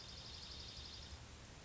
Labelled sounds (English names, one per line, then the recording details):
Northern Flicker
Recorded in Sonoma County, California